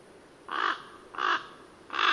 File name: Corvo Imperiale